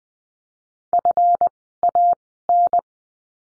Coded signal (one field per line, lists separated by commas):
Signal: Morse code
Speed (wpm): 20 wpm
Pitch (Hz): 700 Hz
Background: none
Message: FAN